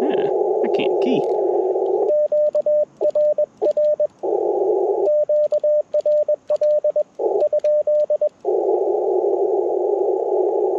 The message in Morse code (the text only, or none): QRR QRL ?